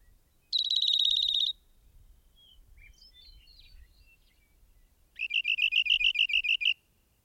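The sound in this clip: Rock wren song: an one-second buzzy trill, a pause with faint scattered high notes, then a fast series of about a dozen sharp repeated notes.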